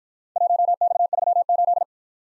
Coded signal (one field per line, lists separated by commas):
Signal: Morse code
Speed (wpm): 51 wpm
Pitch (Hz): 700 Hz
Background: none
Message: 1X38